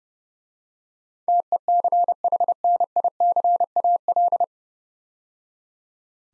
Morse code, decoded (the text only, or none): TECHNICAL